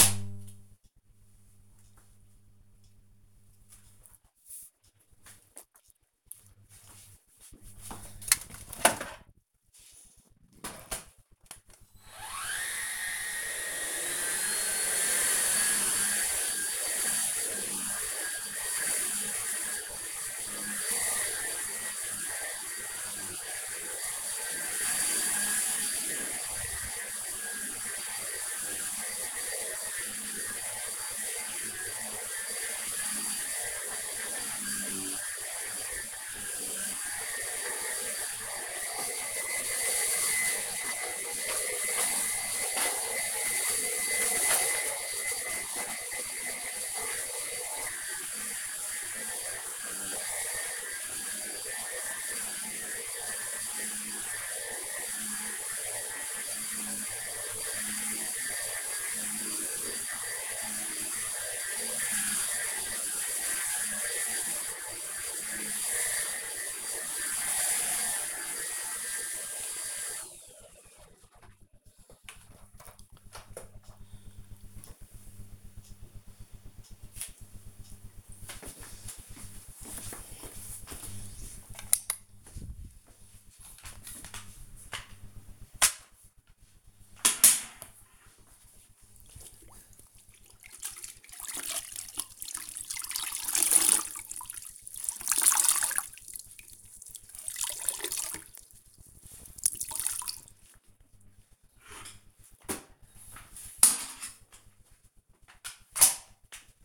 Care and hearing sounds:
household activities, microphone on the right wrist
10.56-68.93 s: vacuum cleaning
85.05-106.85 s: floor cleaning

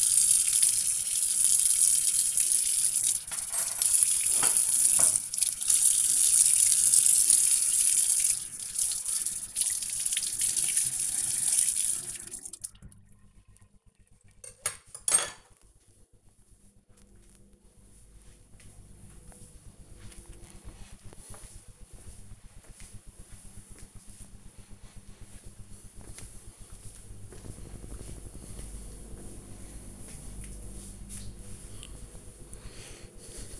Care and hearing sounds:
household activities, microphone on the right wrist
0.00-14.53 s: washing dishes

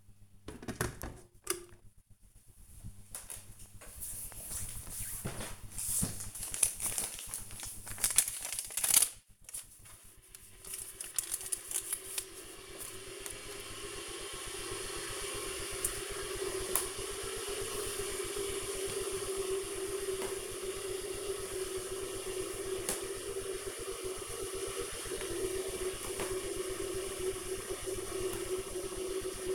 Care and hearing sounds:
household activities, microphone on the right wrist
0.00-29.55 s: making tea

